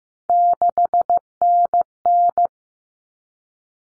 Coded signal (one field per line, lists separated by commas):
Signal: Morse code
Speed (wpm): 15 wpm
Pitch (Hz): 700 Hz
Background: none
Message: 6NN